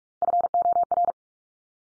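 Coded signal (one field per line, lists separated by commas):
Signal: Morse code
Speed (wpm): 44 wpm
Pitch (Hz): 700 Hz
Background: none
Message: FOR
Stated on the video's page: Drill of the 100 most common English words at 45 wpm, each sent in Morse, spoken, then sent again.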